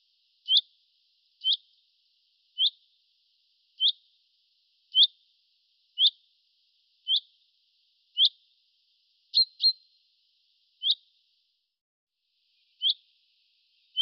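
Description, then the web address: Bird call: high, clipped chip notes repeated roughly once a second, one pair doubled, with a brief gap near the end. "birddata Deverinetal 2025 Bird Fr Co"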